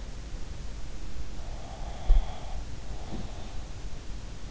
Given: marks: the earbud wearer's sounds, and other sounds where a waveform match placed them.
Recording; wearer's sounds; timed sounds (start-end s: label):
sounds in sleep by an in-ear microphone; breath
1.31-3.58 s: breath